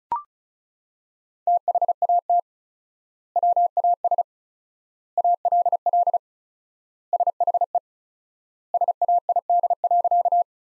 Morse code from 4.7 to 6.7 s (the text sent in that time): ALL